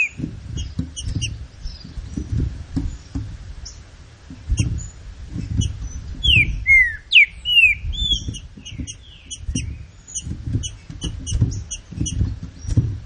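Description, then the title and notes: Green-winged saltator giving a loud phrase of falling whistled slurs about midway through, among high chirps and low rumbling noise. Classic song style, used for training birds. "Canto Clássico Trinca Ferro TREINAMENTO. trinca fero"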